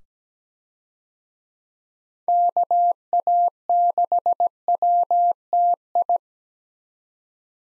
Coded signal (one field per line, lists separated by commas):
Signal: Morse code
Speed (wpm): 17 wpm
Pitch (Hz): 700 Hz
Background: none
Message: KA6WTI